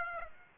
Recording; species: mosquito wingbeat signal from an infrared sensor; Aedes aegypti